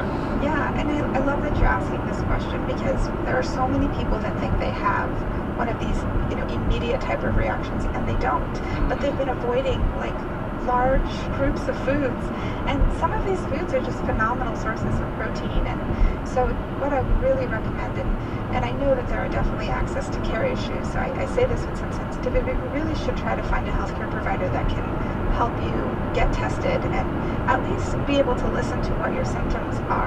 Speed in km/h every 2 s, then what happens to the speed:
101, 101, 100, 101, 101, 101, 103, 101, 101, 101, 101, 101, 105, 106, 106.
0-30 steady at about 101.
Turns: none.